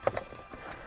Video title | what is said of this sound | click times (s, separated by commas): 2018 TACOMA POP & LOCK INSTALL - HOW TO | over here and it just pops off and then gently pull up on your plastic | 0.1 s